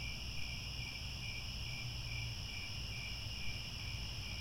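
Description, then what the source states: Crickets trilling and chirping in a continuous high chorus, with a steady low rumble in the background. Chorus of crickets at twilight as the sun sets.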